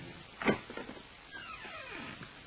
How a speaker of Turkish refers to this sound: Ah, durdu. Kapıyı açıyor.